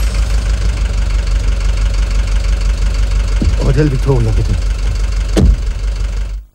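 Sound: taxi engine idling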